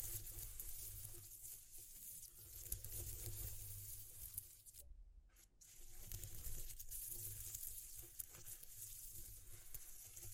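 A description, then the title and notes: Exploring textures: a steady soft hiss with crinkly, watery pattering and low rumble, briefly dropping to near silence around five seconds. ASMR Exploring Textures (No Talking).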